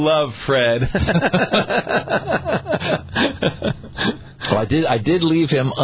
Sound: laughing